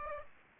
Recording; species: mosquito wingbeat signal from an infrared sensor; Aedes aegypti